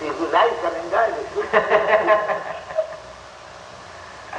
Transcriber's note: laughter